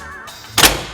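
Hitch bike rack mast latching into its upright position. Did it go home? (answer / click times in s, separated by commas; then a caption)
yes / 0.6 s. After its lever is pulled again, the metal mast of a Thule APEX 4 hitch bike rack is rocked back upright, and its tilt latch clicks into the locked position with a sharp, loud metallic clunk at 0.6 s, rising out of quiet background noise. The clunk fades over the next few tenths of a second, and the rack is left locked and secure.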